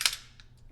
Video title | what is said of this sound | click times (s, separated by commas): GUN STORE ETIQUETTE (Do’s & Don’ts) | pull back and it should lock into place | 0.1 s